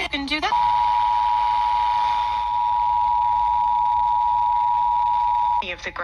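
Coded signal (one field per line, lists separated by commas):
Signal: Emergency Alert System (SAME) tones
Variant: 853 and 960 Hz attention tone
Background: speech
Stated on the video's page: Weekly weather radio tests, among several EAS tests.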